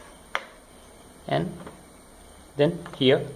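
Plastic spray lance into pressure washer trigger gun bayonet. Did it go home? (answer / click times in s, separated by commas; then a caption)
yes / 0.4 s. A plastic spray lance is pushed into the bayonet of a Bosch 35 12 pressure washer trigger gun and rotated until it locks, giving a sharp, loud click at 0.4 s. Someone then talks. The lance is seated in the spray gun.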